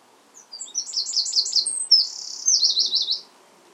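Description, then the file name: Eurasian wren song, a fast high jingle of rapid notes followed by a loud buzzy trill, all very high-pitched and lasting about three seconds. "Troglodytes troglodytes"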